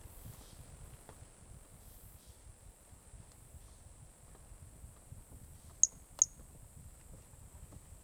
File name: Brachycephalus mirissimus 18 jan 2018 individual 05 ex 04 fist note missing L F Ribeiro